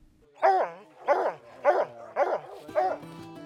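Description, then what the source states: Dog barking five times, sharp yelping barks a little over half a second apart, each with a falling tail, the last ones slightly fainter. Tracking dogs of a University of California, Santa Cruz research team following a wild puma in the Santa Cruz area.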